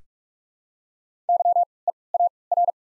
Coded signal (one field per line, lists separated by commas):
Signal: Morse code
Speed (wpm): 43 wpm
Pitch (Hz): 700 Hz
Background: none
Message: YEAR